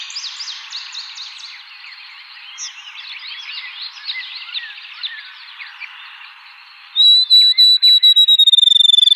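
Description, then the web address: Field sparrow song begins late: steady whistled notes speeding up into a rapid trill, cut off at the end, after a dense background chatter of other birds. Recorded in 2007. "Field Sparrow 2007 01 04"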